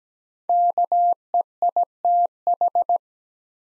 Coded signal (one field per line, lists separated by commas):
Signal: Morse code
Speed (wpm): 17 wpm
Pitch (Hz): 700 Hz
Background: none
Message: KEITH